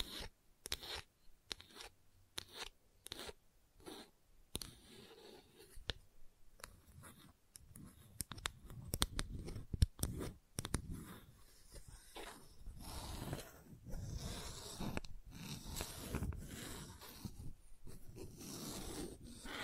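Gentle scratching in short, dry strokes, rhythmic and spaced in the first few seconds, then growing denser and more continuous after about eight seconds. The strokes carry a bright, rough edge over a soft low rustle, with a few sharper snips near the ten-second mark.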